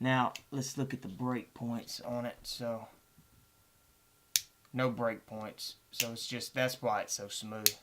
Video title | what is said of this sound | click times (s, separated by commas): $1 Wal-Mart Ozark Trail Pocket Knife Review | just that's your break point is when it stops and locks into place and | 4.4 s